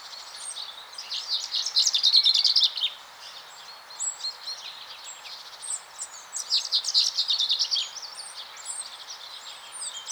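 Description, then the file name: Common chaffinch song: two bright phrases of rapid high notes about five seconds apart, with scattered other high notes in between. "Fringilla coelebs"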